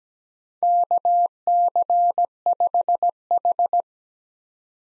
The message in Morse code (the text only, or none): KC5H